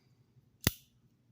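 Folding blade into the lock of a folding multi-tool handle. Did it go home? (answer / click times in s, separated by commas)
yes / 0.7 s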